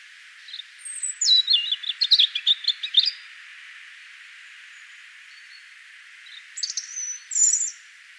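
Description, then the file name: European robin song: a sweet, rapid warbled phrase with trilled notes, then a few seconds of quiet before a shorter high, thin phrase. "Erithacus rubecula"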